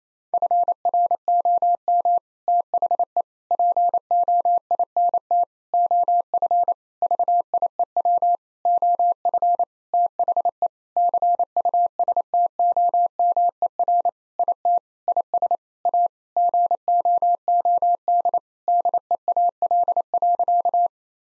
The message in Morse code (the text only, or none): FROM THE POINT OF VIEW OF THE CUSTOMER IT IS A GOOD DEAL.